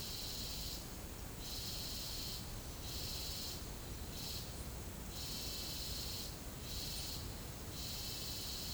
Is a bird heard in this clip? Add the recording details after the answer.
no. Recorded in secondary vegetation near Puerto Asís, Putumayo, Colombia, on 20 December 2024 at 10:00. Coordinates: 0.489, -76.322. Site G059